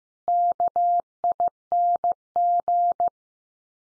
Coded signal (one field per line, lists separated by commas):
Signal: Morse code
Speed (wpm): 15 wpm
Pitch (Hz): 700 Hz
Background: none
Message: KING